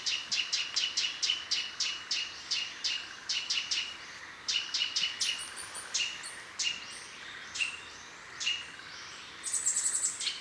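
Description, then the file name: Eurasian nuthatch rapid chipping series that slows and breaks up midway, followed by scattered higher, thinner calls. "Sitta europaea"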